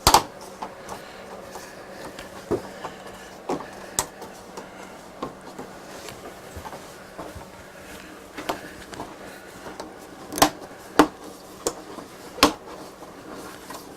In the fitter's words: you can hear them snap in place and